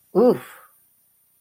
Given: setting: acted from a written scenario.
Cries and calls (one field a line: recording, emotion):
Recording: vocal sound without words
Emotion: negative surprise